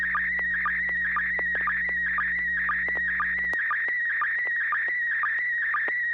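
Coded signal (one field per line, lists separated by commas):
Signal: SSTV (slow-scan television)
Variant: PD120 mode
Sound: warbling tone around 2 kHz with short low sync chirps about twice per second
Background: low hum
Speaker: yeah I've got One queued up and uh it's going to be coming out PD 120 from n6 YG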